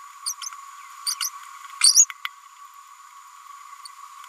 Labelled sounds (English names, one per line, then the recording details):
Green-rumped Parrotlet babbling
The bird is a female
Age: 32 days
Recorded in a nest box in Venezuela
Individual 17B102A5